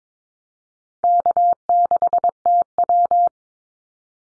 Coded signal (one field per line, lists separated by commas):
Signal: Morse code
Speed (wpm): 22 wpm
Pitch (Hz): 700 Hz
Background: none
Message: K6TW